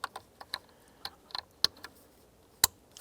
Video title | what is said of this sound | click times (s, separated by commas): How to Replace Ignition Switch Actuator Pin 2005-2010 Chrysler 300 | a little click right there | 1.6 s